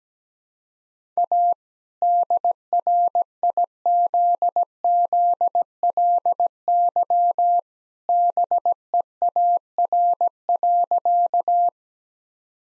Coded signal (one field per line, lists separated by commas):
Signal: Morse code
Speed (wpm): 17 wpm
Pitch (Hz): 700 Hz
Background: none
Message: A DRIZZLY BEAR.